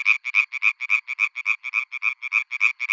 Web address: European Tree Frog